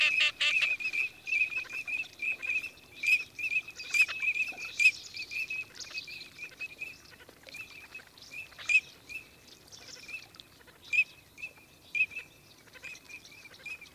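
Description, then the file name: Eurasian teal flock calling, a steady stream of short high whistled notes overlapping one another, with occasional harsher bursts and rustling. 14 October 2006. "sarcelle d hiver 141006"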